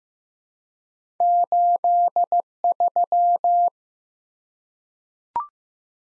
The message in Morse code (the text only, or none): 83